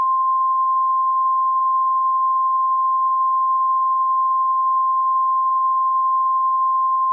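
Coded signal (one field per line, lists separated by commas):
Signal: Emergency Alert System (SAME) tones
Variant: 1050 Hz attention tone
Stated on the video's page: Fictional EAS scenario about a huge Hawaiian tsunami.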